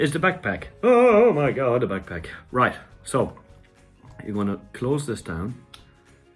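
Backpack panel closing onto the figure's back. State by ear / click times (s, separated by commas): seated / 5.7 s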